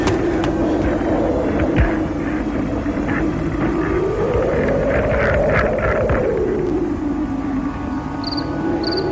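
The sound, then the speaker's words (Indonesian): A steady, rushing wind blows in cold air over a quiet village before dawn, its low moaning tone swelling and then easing back down, with a couple of faint high chirps of night animals near the end. “Hanya suara-suara binatang malam dan hembusan angin yang terdengar.”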